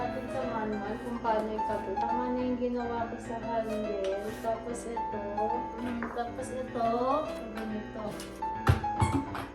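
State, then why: Not seated. Someone talks over background music while handling a plastic handle or attachment being fitted into a vacuum cleaner body during assembly, with a few short knocks near 8.7, 9.0 and 9.4 seconds. The part has not locked into place yet; nothing has seated or clicked by the end of the clip.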